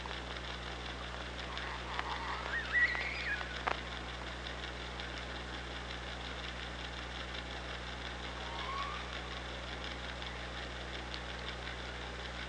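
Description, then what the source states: Killer whale pulsed call, a buzzy rising-and-falling sound lasting under two seconds, then a shorter rising call later, over continuous hiss. Recorded by an OrcaLab hydrophone on 24 August 2017 at 05:37:35.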